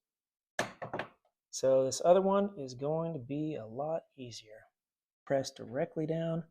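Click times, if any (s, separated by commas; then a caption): 0.6 s. A harder-to-reach Crucial Ballistix Sport DDR4 RAM module is pushed straight down into a DIMM slot on the motherboard of an HP Slim 270-p013wb desktop, oriented by its notch. It lands with one loud thunk at 0.6 s, followed by smaller clicks around 0.8–1.0 s, as the latches click and the stick seats. Afterward, someone talks.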